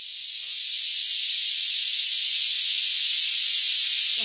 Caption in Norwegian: Tinnitusstøy. Og det høres sånn ut. Ubehagelig. Det er sånn som du bruker til med for å kurere tinnitus også. Ja, så du kan maskere, for dette er en hvit støy.